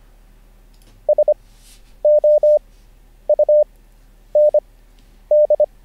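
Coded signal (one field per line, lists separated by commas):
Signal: Morse code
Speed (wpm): 25 wpm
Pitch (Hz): 600 Hz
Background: none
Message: SOUND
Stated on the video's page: Morse code learning session, livestreamed, day 1.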